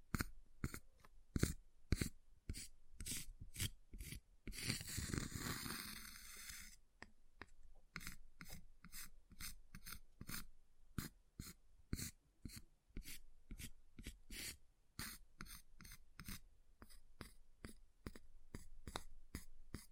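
Ice is tapped in a quick, fairly even series of sharp clicks that runs through the whole clip. Around the five-second mark a dense, rasping scrape takes over for about two seconds, like carving or scratching, before the steady tapping resumes.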